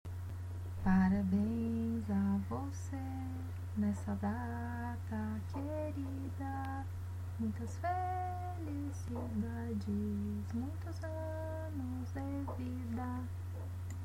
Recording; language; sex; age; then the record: short text; Brazilian Portuguese; female; 30 to 39 years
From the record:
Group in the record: control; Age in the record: 32 years